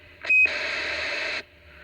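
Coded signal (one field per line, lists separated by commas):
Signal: roger beep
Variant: Delta Electronics EC-1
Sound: short crackle, one brief high beep, then a second of rushing static that cuts off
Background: radio static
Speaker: The mic gain is at about 2 o'clock, and we'll unkey so you can hear the Roger beep.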